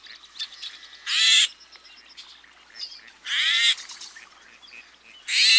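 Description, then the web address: Yellow-headed blackbird repeating loud, rasping buzzy songs about every two seconds, with fainter short notes between. "Birds of the Chicago Region. Yellow-headed Blackbird"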